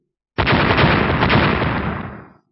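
A sudden, dense barrage of rapid impacts from small white light arrows hammering a round, earth-yellow stone shield, with white light bursting on it, crackling bursts blurring into a loud, continuous roar for about two seconds before tapering off.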